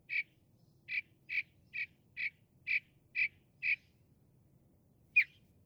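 Northern mockingbird singing a run of eight rasping notes at a rapid pace, then a pause and one different sharp note.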